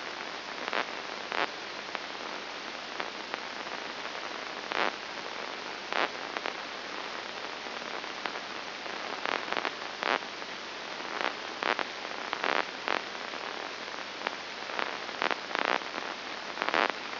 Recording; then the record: brain microelectrode recording played as sound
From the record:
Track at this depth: inside the subthalamic nucleus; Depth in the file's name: 2.503 mm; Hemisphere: left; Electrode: 2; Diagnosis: Parkinson's disease